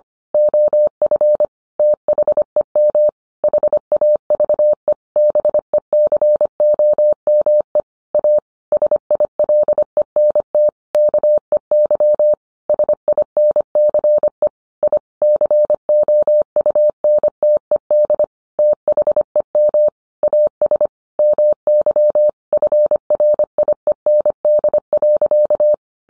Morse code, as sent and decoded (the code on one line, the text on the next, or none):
--- ..-. / - .... . -- / .... .- ...- . / -... . -.-. --- -- . / .- / ... .. .-.. . -. - / -.- . -.-- / ... .. -. -.-. . / .. / -.-. --- ..- -. - . -.. / - .... . -- / .- ... / -- -.-- / ..-. .-. .. . -. -.. .-.-.-
OF THEM HAVE BECOME A SILENT KEY SINCE I COUNTED THEM AS MY FRIEND.